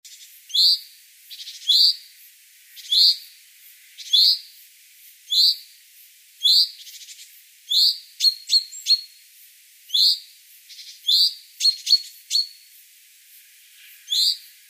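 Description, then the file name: Common chaffinch uttering a steady series of clipped metallic call notes about once per second, with a few thin whistled notes and clicks midway. "Fringilla coelebs"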